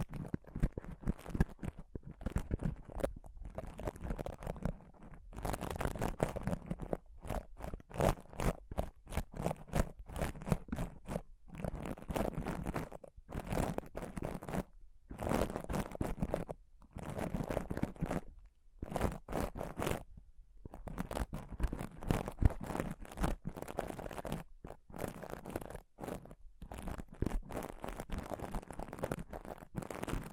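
Intense scratching and touching on a microphone, with dense rough bursts of scraping and crunching broken by short silent gaps throughout.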